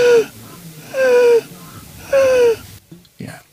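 Three drawn-out, high whistling tones on forced breaths out, an adult's voiced imitation of the wheeze of asthma: very narrow, severely obstructed airways make the air pass with a lot of turbulence through a very narrow aperture when breathing out.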